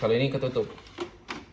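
Someone talks while a printer's paper tray, with its cover closed, is handled and pushed back into the printer, after an open cover gave only a hollow sound. Two brief knocks from the handling are heard around 1.0 and 1.3 s. The clip ends before the tray goes home, so nothing has seated or clicked yet.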